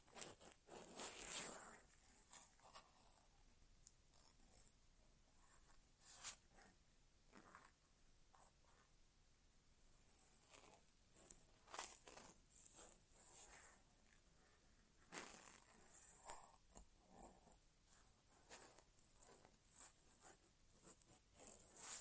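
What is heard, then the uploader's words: Close, crisp scratching and rubbing sounds from an inner ear exam, with no speech. Bright, rustling bursts come in uneven clusters, loudest near the start around one to two seconds and again near fifteen seconds, with quieter fiddling and brief taps between. ASMR Inner Ear Exam (No Talking).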